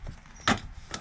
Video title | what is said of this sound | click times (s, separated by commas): VAN #11 Pose du plancher et de la fenêtre ! | ça vient se clipser à ce niveau-là et puis ça se coupe au cutter facilement. | 0.5 s